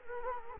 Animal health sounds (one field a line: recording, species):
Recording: mosquito wingbeat signal from an infrared sensor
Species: Culex quinquefasciatus